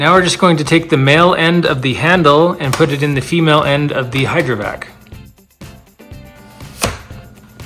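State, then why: Seated. Someone talks over music while the male end of a handle is pushed into the female socket of a Shark HydroVac wet-dry vacuum mop body, which already has its roller and cleaning solution tank installed. A sharp click at 6.8 s marks the handle latching into the body. The handle is seated and the vacuum is assembled.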